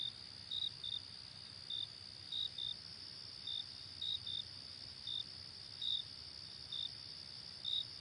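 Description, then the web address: Cricket chirps, brief high pulses coming irregularly, sometimes doubled, above a continuous shrill background hum. "hobokenchicken kira. crickets"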